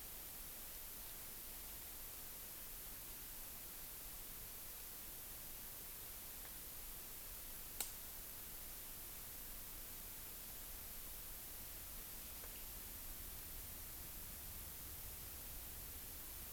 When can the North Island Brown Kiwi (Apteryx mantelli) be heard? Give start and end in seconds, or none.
none